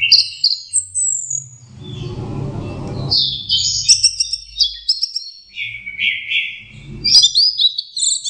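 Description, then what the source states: Orange-headed thrush song, varied whistled and warbled phrases interrupted early on by a burst of broad noise, then resuming. Training song (masteran).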